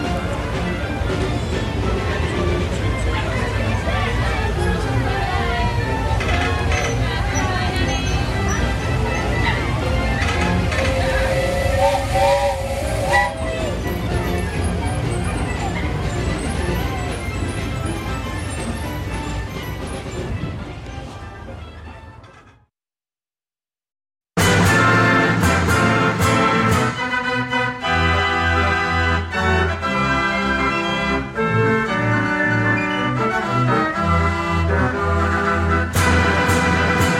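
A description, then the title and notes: Busy fairground din of voices and ride noise fades out around twenty-two seconds, then after brief silence loud, rhythmic ride music bursts in. Fairground Sounds.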